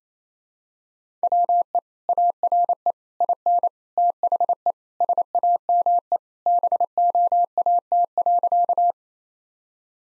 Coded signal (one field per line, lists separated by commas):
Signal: Morse code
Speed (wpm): 28 wpm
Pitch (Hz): 700 Hz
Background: none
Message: WE ARE IN THE SAME BOAT.